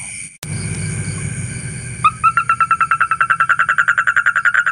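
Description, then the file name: Asian common toad trill begins after two seconds of low rumbling background noise, then runs on as a fast, even series of pulsed croaks. "suara kodok bangkong kolong kodok buduk"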